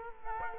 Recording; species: mosquito wingbeat signal from an infrared sensor; Culex quinquefasciatus